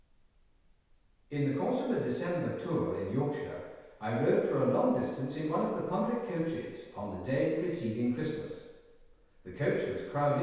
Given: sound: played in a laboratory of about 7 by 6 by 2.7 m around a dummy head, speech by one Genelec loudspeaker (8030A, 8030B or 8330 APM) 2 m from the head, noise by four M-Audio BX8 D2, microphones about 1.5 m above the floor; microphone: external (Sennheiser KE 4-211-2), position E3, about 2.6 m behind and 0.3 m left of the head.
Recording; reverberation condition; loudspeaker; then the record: male speech in English; high; 90 degrees to the right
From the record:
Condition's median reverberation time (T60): about 1300 ms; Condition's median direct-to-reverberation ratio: about -4.0 dB